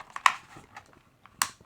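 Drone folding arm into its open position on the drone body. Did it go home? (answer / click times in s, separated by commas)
yes / 0.3 s, 1.4 s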